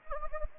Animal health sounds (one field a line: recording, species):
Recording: mosquito wingbeat signal from an infrared sensor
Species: Anopheles gambiae